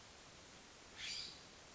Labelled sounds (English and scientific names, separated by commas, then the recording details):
California Scrub-Jay (Aphelocoma californica)
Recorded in Sonoma County, California